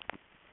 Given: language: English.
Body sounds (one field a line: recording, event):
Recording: throat vibration sensor signal played as sound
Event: swallow